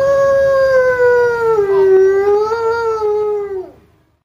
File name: Wolf Howling Compilation